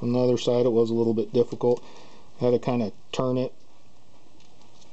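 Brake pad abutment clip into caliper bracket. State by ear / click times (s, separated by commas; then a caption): not seated / none. A metal brake pad abutment clip is being handled for a rear disc brake conversion on a Ford Explorer, about to be twisted and pushed at the same time into the caliper bracket. Someone talks through most of the clip, followed by quiet background with two faint ticks near 4.4 s and 4.6 s. Nothing has seated or clicked yet.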